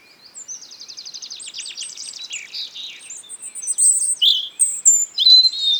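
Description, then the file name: European robin song beginning with a fast, even run of repeated trilled notes, then breaking into louder, higher, sharper warbled whistles. "Erithacus rubecula"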